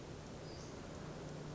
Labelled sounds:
Western Flycatcher (Empidonax difficilis)
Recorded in Sonoma County, California

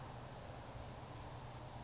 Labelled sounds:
California Towhee (Melozone crissalis)
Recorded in Sonoma County, California

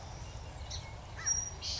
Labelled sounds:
Acorn Woodpecker (Melanerpes formicivorus)
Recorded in Sonoma County, California

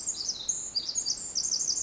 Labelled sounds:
Pacific Wren (Troglodytes pacificus)
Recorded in Sonoma County, California

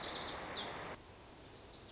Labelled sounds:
Lazuli Bunting (Passerina amoena)
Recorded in Sonoma County, California

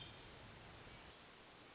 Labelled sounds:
Hermit Thrush (Catharus guttatus)
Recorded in Sonoma County, California

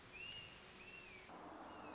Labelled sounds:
Red-shouldered Hawk (Buteo lineatus)
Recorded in Sonoma County, California

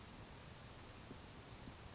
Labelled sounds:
California Towhee (Melozone crissalis)
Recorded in Sonoma County, California

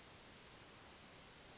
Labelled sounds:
Western Flycatcher (Empidonax difficilis)
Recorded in Sonoma County, California

